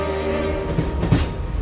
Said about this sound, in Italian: Il treno va.